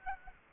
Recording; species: mosquito wingbeat signal from an infrared sensor; Aedes aegypti